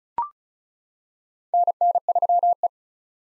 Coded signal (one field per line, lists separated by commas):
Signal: Morse code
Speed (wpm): 36 wpm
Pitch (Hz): 700 Hz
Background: none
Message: NN3E